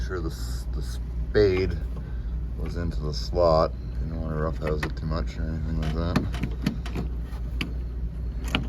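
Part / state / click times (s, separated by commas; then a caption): spade connector into trunk latch slot / not seated / none. Someone talks while pushing a spade connector into the slot of a new trunk latch assembly during a 2008 Crown Vic trunk latch replacement. Sharp knocks are heard around 7.6 s and 8.6 s, but the connector fails to go in, and nothing has seated or clicked yet.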